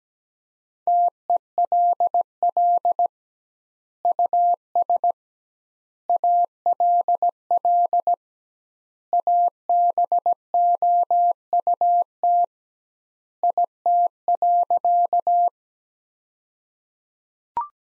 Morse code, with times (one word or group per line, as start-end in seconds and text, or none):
0.9-3.1 TELL
4.1-5.1 US
6.1-8.1 ALL
9.1-12.4 ABOUT
13.4-15.5 IT.